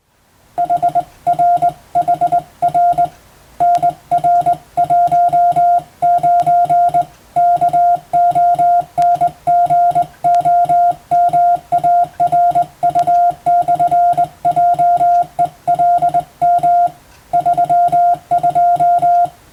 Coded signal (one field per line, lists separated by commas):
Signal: Morse code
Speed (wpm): 19 wpm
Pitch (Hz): 700 Hz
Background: music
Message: HRHR NR19 KONGOMARU/JELM 32